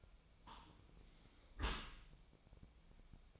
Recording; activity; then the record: daily activity, microphone in the room; close dishwasher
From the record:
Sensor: 1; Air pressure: 1003.2 hPa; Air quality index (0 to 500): 197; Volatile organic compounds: 6 ppm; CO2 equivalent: 1885 ppm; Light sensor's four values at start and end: 28/69/29/36 and 28/69/29/36